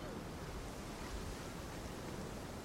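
A steady, unbroken roar of big Atlantic Ocean breakers on the Bay of Biscay coast, a dense wash of hiss and rumble that holds an even loudness throughout with no distinct single crashes and no voices.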